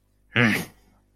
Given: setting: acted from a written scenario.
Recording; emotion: vocal sound without words; anger